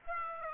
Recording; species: mosquito wingbeat signal from an infrared sensor; Aedes aegypti